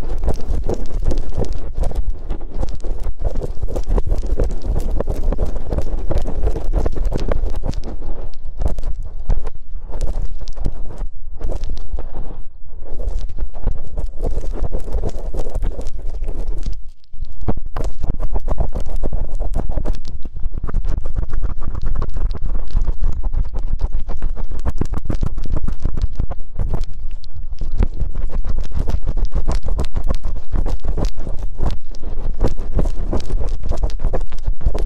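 Ear cleaning massage: continuous rubbing and scratching sounds, dense and close-packed, with lots of quick crackles and brushing strokes. A deep, muffled rumble underlies everything. A brief lull comes around 17 seconds, then the steady rubbing resumes to the end.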